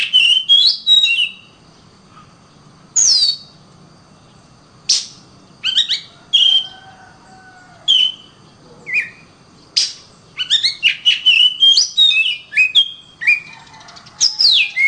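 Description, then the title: Oriental magpie-robin song: scattered short whistles and sharp clicks separated by silences, becoming denser and more varied toward the end. "suara kacer"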